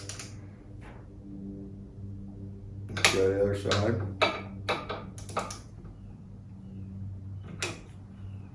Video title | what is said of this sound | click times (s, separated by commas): VW ENGINE Build Part (1) Restoration 40HP air-cooled Volkswagen engine, VW Bus, VW Kombi | You should hear it click this time. | 0.1 s, 0.2 s